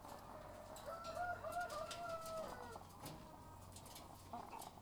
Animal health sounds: poultry house recording; sick chickens (respiratory disease)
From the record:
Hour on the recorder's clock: 13

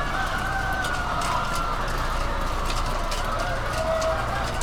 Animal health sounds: poultry house recording; healthy chickens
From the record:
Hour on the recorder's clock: 21

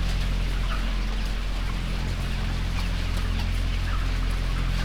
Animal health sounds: poultry house recording; healthy chickens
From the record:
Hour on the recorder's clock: 17

